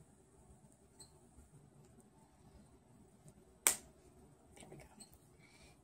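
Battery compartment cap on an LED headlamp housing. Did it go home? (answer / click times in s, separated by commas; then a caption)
yes / 3.7 s. After a rechargeable battery is inserted, the plastic battery compartment cap is put back on a Suaoki LED headlamp (lightweight 2.1 oz, water resistant, with 2 flood and 1 spot LED) and twisted until it locks. One sharp, loud click at 3.7 s stands out above quiet background noise and a few faint handling taps. The cap is seated and locked in place.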